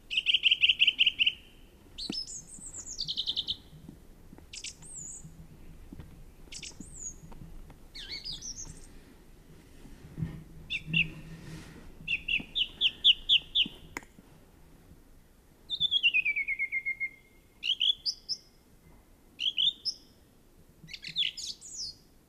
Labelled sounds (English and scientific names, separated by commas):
Song Thrush (Turdus philomelos) song